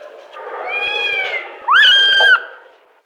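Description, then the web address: Domestic cat: kitten meows: a softer drawn-out mew, then a louder, shorter mew that rises and then holds level. Kittens in a kennel. "SFXSource Kittens In Kennel"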